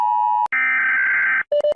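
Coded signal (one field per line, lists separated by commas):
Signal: Emergency Alert System (SAME) tones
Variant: header bursts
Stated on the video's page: Compilation of one-second clips of many different EAS alarms.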